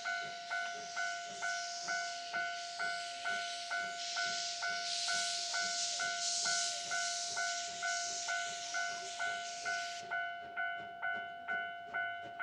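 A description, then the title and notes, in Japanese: A railway crossing bell rings in steady, quick pulses while a steam train rushes past with a bright hiss that ends near ten seconds. 2004年秋にJR磐越東線で運行された「SLあぶくま号」です。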